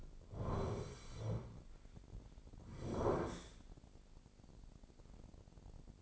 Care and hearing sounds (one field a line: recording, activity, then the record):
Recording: daily activity, microphone in the room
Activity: sit down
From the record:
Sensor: 5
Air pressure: 1009.4 hPa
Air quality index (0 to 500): 154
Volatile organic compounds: 2 ppm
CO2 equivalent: 1188 ppm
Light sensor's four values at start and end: 284/679/289/318 and 284/680/290/318